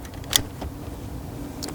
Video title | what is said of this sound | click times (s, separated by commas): 2016-2021 Toyota Land Cruiser Upgrade Kit - CarPlay & Android Auto Installation Guide | push it in until you hear it click | 0.4 s